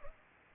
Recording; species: mosquito wingbeat signal from an infrared sensor; Culex pipiens